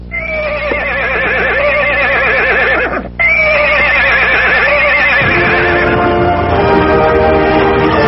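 Loud, shrill horse whinnies with a quavering, warbling pitch: one long neigh, a brief break, then a second drawn-out whinny that continues over a low, steady droning rumble.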